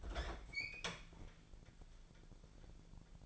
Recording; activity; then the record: daily activity, microphone in the room; open fridge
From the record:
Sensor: 5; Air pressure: 1000.2 hPa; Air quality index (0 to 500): 100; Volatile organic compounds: 1 ppm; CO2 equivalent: 812 ppm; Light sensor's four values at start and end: 240/570/245/269 and 244/577/248/273